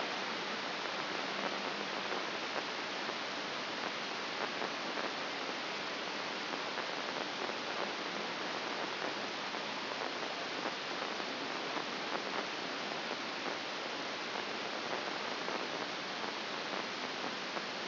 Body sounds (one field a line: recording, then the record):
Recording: brain microelectrode recording played as sound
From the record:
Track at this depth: outside the subthalamic nucleus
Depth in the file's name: 5.816 mm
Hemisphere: left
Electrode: 2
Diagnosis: Parkinson's disease